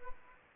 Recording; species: mosquito wingbeat signal from an infrared sensor; Aedes aegypti